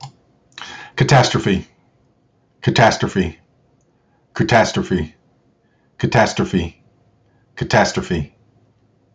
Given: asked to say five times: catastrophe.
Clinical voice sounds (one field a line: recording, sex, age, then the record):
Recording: repeated word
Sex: male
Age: 50 to 59 years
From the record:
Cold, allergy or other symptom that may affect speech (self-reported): no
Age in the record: 50 years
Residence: North Carolina, United States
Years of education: 16